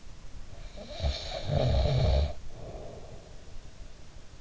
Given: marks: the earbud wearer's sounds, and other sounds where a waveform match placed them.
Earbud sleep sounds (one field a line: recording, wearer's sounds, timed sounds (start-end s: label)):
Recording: sounds in sleep by an in-ear microphone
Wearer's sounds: snoring breath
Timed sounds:
0.50-3.46 s: snoring breath